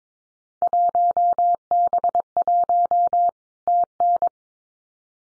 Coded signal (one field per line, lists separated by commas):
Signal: Morse code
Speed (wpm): 22 wpm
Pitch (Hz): 700 Hz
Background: none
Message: 1B1 TN